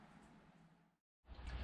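A new steel fork seal retaining clip for a Suzuki SV1000 motorcycle, replacing the old rusty one, is picked up and shown before being folded into the groove in the fork leg. A quiet, steady broadband rumble fades into near silence around 1.0 s, then a louder, fuller noise rises from about 1.2 s to the end. The clip has not seated or clicked yet.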